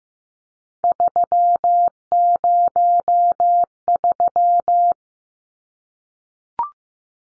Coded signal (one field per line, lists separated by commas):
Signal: Morse code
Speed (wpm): 15 wpm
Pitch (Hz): 700 Hz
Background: none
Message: 303